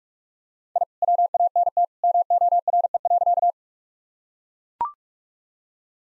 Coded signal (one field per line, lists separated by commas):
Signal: Morse code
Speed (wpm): 43 wpm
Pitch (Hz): 700 Hz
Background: none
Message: I WANT MORE.